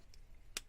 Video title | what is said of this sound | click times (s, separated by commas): How To Fit MC4 Solar Connectors On Solar 4 Cable - Solar Panels on VW Camper Vans, Caravans or House | Really nice satisfying click on those. | 0.6 s